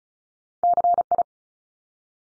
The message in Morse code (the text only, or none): CI